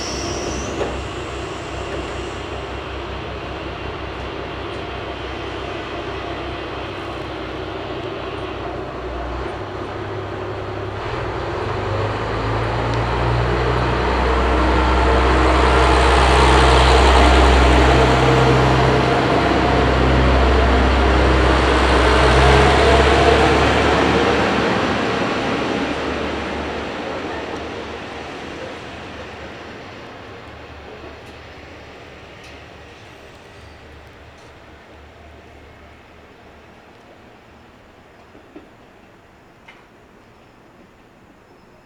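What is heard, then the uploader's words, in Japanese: A train passes by, its rumble building from about ten seconds to a peak around 15 to 25 seconds, with a deep low drone and a rushing wash of higher noise. The sound then fades away steadily, leaving faint quiet with a small click near the end. 唐津線・長崎本線 佐賀→久保田→肥前山口。次の列車がくるまでに特急が抜いていったり反対側にも電車がきたりしているとまたまた2両編成の817系がやってきます。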